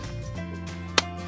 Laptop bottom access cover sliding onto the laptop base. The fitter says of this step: push it forward till it clicks